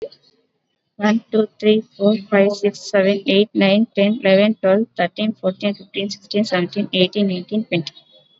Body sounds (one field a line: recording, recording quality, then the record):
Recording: counting at a fast pace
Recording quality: moderate, slight background noise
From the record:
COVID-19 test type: RT-PCR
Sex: female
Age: 27 years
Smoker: no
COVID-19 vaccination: both doses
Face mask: worn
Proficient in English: yes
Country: India